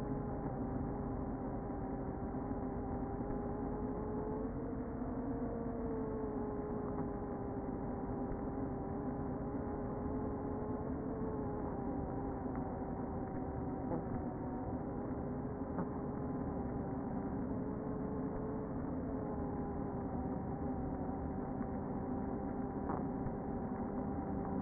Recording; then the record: honeybee colony, microphone inside the hive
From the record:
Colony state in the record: queen present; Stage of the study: before two queens were removed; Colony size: about 60,000 bees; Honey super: yes